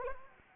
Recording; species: mosquito wingbeat signal from an infrared sensor; Anopheles arabiensis